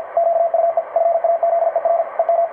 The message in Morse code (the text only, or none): QUE FAZER EM